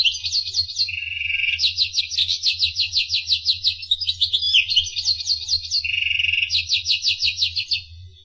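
Finch song of fast rhythmic trilled phrases, high twittering notes repeated several times a second, broken by a couple of short buzzy notes, with low hum beneath.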